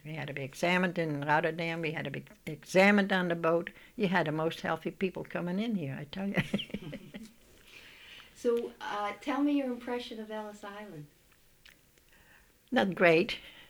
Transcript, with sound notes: We had to be examined in Rotterdam, we had to be examined on the boat. You had the most healthy people coming in here, I tell you. ( she laughs )
So tell me your impression of Ellis Island?
Not great.